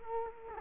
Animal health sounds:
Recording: mosquito wingbeat signal from an infrared sensor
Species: Culex quinquefasciatus

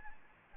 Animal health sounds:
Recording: mosquito wingbeat signal from an infrared sensor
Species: Anopheles gambiae

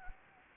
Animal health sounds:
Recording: mosquito wingbeat signal from an infrared sensor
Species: Anopheles gambiae

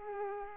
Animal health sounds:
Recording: mosquito wingbeat signal from an infrared sensor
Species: Aedes aegypti

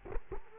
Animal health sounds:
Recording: mosquito wingbeat signal from an infrared sensor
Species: Culex quinquefasciatus

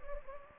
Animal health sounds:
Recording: mosquito wingbeat signal from an infrared sensor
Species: Anopheles gambiae

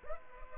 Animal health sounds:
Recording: mosquito wingbeat signal from an infrared sensor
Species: Culex pipiens

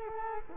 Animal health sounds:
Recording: mosquito wingbeat signal from an infrared sensor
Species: Culex quinquefasciatus

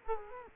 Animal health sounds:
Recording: mosquito wingbeat signal from an infrared sensor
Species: Culex quinquefasciatus

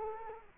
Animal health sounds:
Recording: mosquito wingbeat signal from an infrared sensor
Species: Culex quinquefasciatus

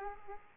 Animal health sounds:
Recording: mosquito wingbeat signal from an infrared sensor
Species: Aedes aegypti

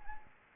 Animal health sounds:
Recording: mosquito wingbeat signal from an infrared sensor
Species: Anopheles arabiensis

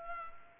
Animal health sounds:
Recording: mosquito wingbeat signal from an infrared sensor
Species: Culex pipiens

